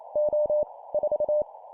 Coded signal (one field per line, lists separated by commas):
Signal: Morse code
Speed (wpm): 28 wpm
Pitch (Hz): 600 Hz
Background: none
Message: O 4